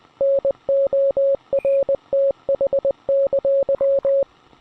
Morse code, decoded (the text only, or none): NORTH!